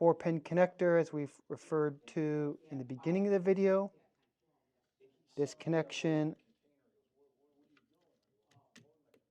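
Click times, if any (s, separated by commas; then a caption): 8.8 s. Someone talks about a four-pin plastic wire connector, then pushes it into its socket on the back of a card payment reader. After a faint tick at 7.8 seconds, a short sharp click at 8.8 seconds marks the connector snapping into place, seated.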